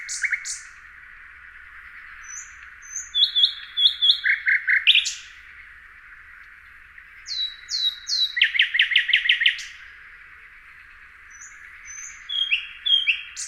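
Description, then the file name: Common nightingale song: several varied phrases of repeated notes and high whistles, including a fast rattling series, separated by pauses over a steady background noise. "Luscinia megarhynchos"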